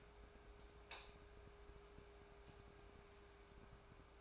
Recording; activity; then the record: daily activity, microphone in the room; light on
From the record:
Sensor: 2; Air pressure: 1010.1 hPa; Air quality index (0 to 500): 160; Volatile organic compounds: 7 ppm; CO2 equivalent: 2003 ppm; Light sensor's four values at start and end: 41/98/44/50 and 45/113/50/55